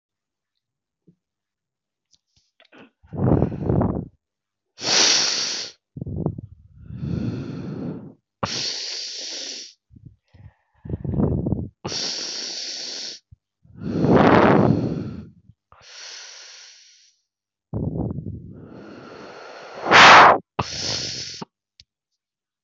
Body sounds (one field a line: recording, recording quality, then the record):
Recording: deep breathing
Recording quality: excellent, no background noise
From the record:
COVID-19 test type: RT-PCR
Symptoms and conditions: cough, cold, sore throat, fatigue, muscle pain, loss of smell and taste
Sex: female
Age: 26 years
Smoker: no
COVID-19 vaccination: one dose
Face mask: worn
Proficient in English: yes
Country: India